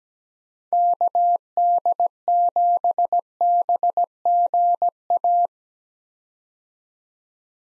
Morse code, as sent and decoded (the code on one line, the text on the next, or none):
-.- -.. --... -... --. .-
KD7BGA